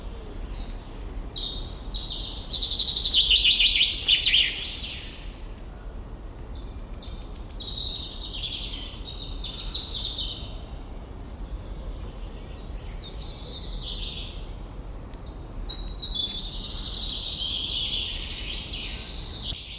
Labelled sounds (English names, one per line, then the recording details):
Common Chaffinch
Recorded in the wild
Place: Mühlenbeck, Brandenburg, DE
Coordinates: 52.67, 13.38
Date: 1996-04-28 15:54
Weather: heiter-wolkig, 17°C
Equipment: Sony MD-WM MZ-R3, Sennheiser MKH 416 T, Kopie Uher 4000 Report Monitor
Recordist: Tembrock, Günter